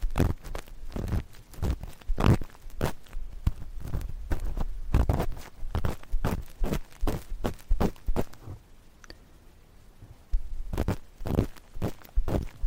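Ear cleaning with a sticky ear pick and cotton swab: a rapid run of crisp taps, crackles and rubs, dense and uneven through the first eight seconds. A quiet lull follows around nine to ten seconds, then a few more scratchy bursts near the end.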